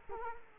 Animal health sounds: mosquito wingbeat signal from an infrared sensor; Culex quinquefasciatus

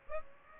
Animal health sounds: mosquito wingbeat signal from an infrared sensor; Aedes aegypti

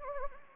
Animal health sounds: mosquito wingbeat signal from an infrared sensor; Anopheles gambiae

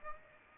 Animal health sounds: mosquito wingbeat signal from an infrared sensor; Aedes aegypti

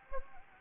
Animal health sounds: mosquito wingbeat signal from an infrared sensor; Anopheles gambiae

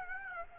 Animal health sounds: mosquito wingbeat signal from an infrared sensor; Aedes aegypti

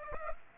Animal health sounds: mosquito wingbeat signal from an infrared sensor; Aedes aegypti

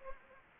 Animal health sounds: mosquito wingbeat signal from an infrared sensor; Anopheles arabiensis

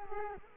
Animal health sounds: mosquito wingbeat signal from an infrared sensor; Culex quinquefasciatus

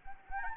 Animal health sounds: mosquito wingbeat signal from an infrared sensor; Anopheles arabiensis

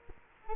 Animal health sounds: mosquito wingbeat signal from an infrared sensor; Culex quinquefasciatus

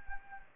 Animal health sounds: mosquito wingbeat signal from an infrared sensor; Anopheles gambiae

